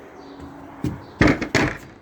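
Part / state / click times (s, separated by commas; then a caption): fishing rod holder onto boat railing / partly seated / 1.2 s. A fishing rod holder is mounted onto a boat's steel railing, with a soft knock near 0.8 s, then a sharp hard click at 1.2 s followed by two more knocks around 1.4 s and 1.6 s. The base does not fully click home against the rail: the part is stuck, does not reach the rail and is still loose.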